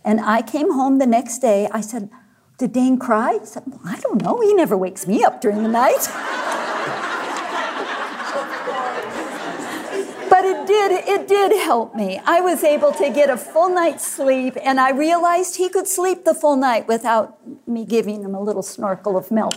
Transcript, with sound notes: I came home the next day and asked, “Did Dane cry?” He said, “I don’t know. He never wakes me up during the night!” (laughter) But it did help me. I was able to get a full night’s sleep, and I realized Dane could sleep the full night without me giving him a little snorkel of milk...